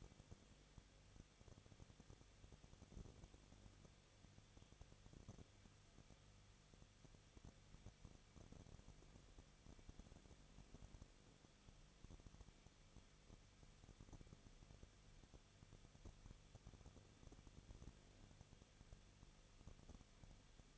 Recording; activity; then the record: daily activity, microphone in the room; no activity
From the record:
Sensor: 4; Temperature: 23.0 degrees Celsius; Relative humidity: 34.0%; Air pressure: 1007.4 hPa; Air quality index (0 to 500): 213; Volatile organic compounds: 14 ppm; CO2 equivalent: 2452 ppm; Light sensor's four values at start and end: 2/3/1/1 and 2/3/1/1